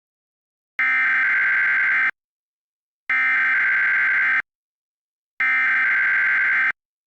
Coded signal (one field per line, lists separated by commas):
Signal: Emergency Alert System (SAME) tones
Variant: header bursts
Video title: [EAS] The Alternative: An Alternate History EAS Scenario